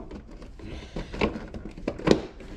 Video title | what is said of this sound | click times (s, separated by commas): BMW BLACK KIDNEY GRILLES // MUST HAVE! | you go snapped in | 1.9 s, 2.1 s